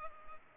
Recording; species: mosquito wingbeat signal from an infrared sensor; Culex pipiens